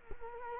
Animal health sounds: mosquito wingbeat signal from an infrared sensor; Culex quinquefasciatus

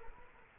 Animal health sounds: mosquito wingbeat signal from an infrared sensor; Culex quinquefasciatus

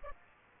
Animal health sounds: mosquito wingbeat signal from an infrared sensor; Aedes aegypti

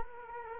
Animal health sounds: mosquito wingbeat signal from an infrared sensor; Culex quinquefasciatus

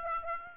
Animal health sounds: mosquito wingbeat signal from an infrared sensor; Aedes aegypti

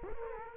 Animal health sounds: mosquito wingbeat signal from an infrared sensor; Culex quinquefasciatus

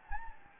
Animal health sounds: mosquito wingbeat signal from an infrared sensor; Anopheles gambiae

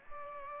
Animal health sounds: mosquito wingbeat signal from an infrared sensor; Culex pipiens

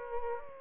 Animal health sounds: mosquito wingbeat signal from an infrared sensor; Aedes aegypti

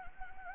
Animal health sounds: mosquito wingbeat signal from an infrared sensor; Anopheles gambiae

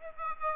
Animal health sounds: mosquito wingbeat signal from an infrared sensor; Aedes aegypti

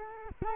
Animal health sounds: mosquito wingbeat signal from an infrared sensor; Culex quinquefasciatus

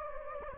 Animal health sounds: mosquito wingbeat signal from an infrared sensor; Anopheles gambiae

